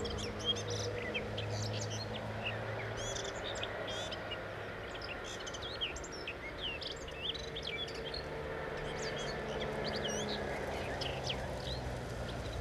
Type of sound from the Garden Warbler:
song